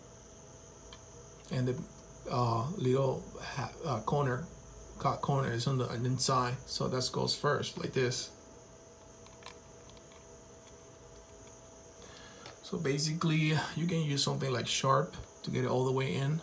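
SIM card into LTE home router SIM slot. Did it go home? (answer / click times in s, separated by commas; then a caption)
no / none. A SIM card is lined up with its cut corner on the inside and started into the SIM slot of an Alcatel LINKHUB LTE home router, to be pushed home afterwards with a sharp tool. Someone talks over a low background, with faint brief taps near 0.9 s, 9.5 s and 12.5 s. The card has not seated or clicked yet.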